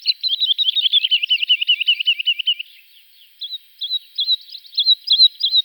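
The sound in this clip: Woodlark song, a rapid rolling series of liquid notes descending slightly, followed by a slower run of clear, repeated lilting phrases.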